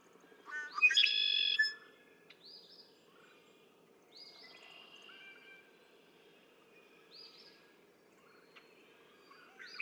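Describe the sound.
Red-winged blackbird song, a single loud buzzy trill after short lead-in notes, followed by faint bird notes over a soft steady background hum.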